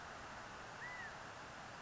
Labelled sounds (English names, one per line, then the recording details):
California Quail
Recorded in Sonoma County, California